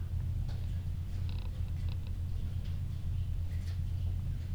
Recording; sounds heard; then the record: poultry house recording; no chicken sound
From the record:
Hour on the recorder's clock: 2